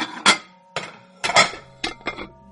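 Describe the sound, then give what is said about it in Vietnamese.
Bowls and dishes clink and knock together at midnight in several sharp, ringing bursts, some doubled, with bright metallic overtones and short resonant tails between irregular pauses. No one speaks. “Đúng lúc này, bỗng có tiếng bát đĩa va vào nhau leng keng.”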